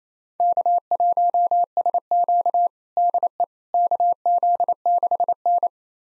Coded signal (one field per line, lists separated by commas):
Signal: Morse code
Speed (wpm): 27 wpm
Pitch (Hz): 700 Hz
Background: none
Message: K1SQ DE KZ6N